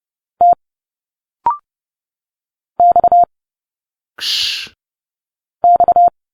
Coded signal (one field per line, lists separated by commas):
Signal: Morse code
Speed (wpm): 30 wpm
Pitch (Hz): 700 Hz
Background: none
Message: T X X